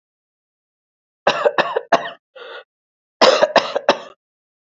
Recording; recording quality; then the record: shallow voluntary cough; excellent, no background noise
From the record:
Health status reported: healthy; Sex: male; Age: 52 years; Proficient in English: yes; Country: India